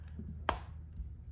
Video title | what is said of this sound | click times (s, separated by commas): Pitaka MagEZ Pro 4 for iPhone 15 Pro Max - HUGE IMPROVEMENT Over Last Year! | and you get this very nice click into your case now looking at how the corners are fitting | 0.5 s